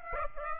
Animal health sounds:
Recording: mosquito wingbeat signal from an infrared sensor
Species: Aedes aegypti

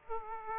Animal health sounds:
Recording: mosquito wingbeat signal from an infrared sensor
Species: Aedes aegypti

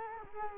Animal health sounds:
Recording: mosquito wingbeat signal from an infrared sensor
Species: Culex quinquefasciatus

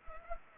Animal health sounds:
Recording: mosquito wingbeat signal from an infrared sensor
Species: Anopheles arabiensis

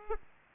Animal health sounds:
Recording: mosquito wingbeat signal from an infrared sensor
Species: Aedes aegypti

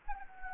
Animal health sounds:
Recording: mosquito wingbeat signal from an infrared sensor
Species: Anopheles gambiae

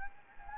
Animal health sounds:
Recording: mosquito wingbeat signal from an infrared sensor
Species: Anopheles gambiae

